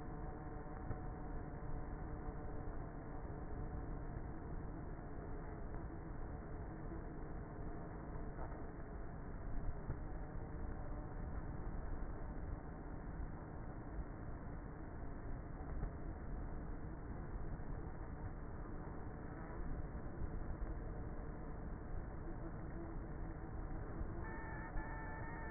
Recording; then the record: honeybee colony, microphone inside the hive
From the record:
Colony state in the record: queenless with a low population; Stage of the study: before two queens were removed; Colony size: about 30,000 bees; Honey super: no